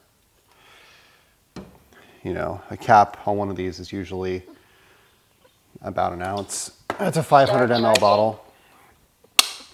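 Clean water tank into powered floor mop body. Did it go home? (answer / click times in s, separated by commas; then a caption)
yes / 9.4 s. Someone talks about a capful of cleaning solution, then the clean water tank of a UWANT D600 powered floor mop is pushed into the mop body. A single sharp, loud snap at 9.4 s marks the tank seating into place.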